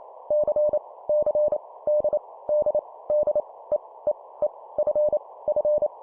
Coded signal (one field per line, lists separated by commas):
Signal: Morse code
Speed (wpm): 28 wpm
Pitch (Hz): 600 Hz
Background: none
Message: C C D D D E E E F F